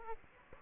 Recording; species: mosquito wingbeat signal from an infrared sensor; Aedes aegypti